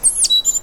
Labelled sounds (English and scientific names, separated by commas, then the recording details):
Stitchbird (Notiomystis cincta) song
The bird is a male
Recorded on Tiritiri Matangi Island, New Zealand, in 2005
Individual 1, of nest box 1